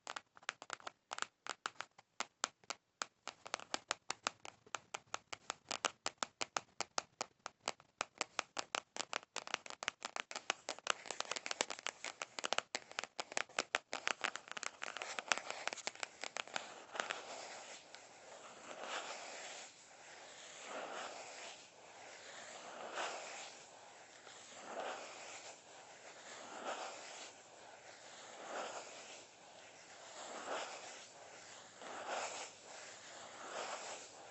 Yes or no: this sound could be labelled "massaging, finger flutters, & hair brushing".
yes